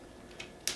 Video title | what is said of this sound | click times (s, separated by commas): PHOTOGRAPHY 1: BASIC EQUIPMENT | And on the bottom of the flash, one slides onto the other, locks in place. | 0.7 s